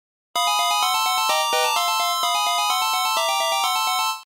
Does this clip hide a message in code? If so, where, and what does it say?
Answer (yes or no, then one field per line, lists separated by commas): no